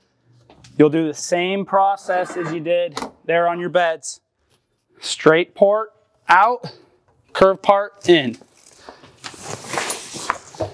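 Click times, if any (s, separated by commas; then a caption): 10.3 s. Someone talks while the curved end of the slide-out rafter support post on a Flagstaff tent camper is pushed into its bracket, with broadband handling noise building after about 9 s. The post snaps in with a sharp click at 10.3 s, seating with less pressure than the bed posts need.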